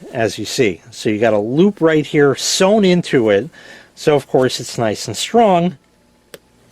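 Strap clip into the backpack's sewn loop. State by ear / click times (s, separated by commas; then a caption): seated / 6.3 s. Someone talks for most of the clip while the clip on a Tolaccea travel laptop backpack strap is reattached to the loop sewn into the bag. After the talking stops, a single sharp tick at 6.3 s marks the clip locking into the loop.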